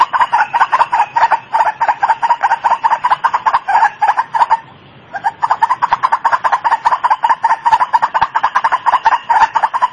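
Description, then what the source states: White-breasted waterhen, a long run of harsh repeated chattering notes, with a brief break near the middle. Used for training birds (masteran); local name ruak-ruak.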